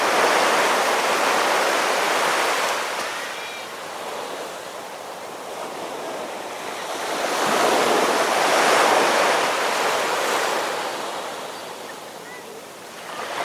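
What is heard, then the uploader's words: Waves wash against the shore in a steady, dense hiss that swells and eases slowly, with fuller surges around 1, 8 and 10 seconds and a quieter stretch in between. Faint brief calls from seagulls surface now and then above the surf. Sounds of Waves and Seagulls. The sounds of waves gently lapping the shore and seagulls calling overhead.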